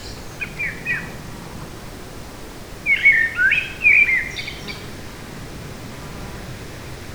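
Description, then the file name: Eurasian blackbird song: faint notes early, then a clearer short warbled phrase with a squeaky twittering tail midway, over constant hiss. Forest, 8 July 2018. "180708 blackbird forest"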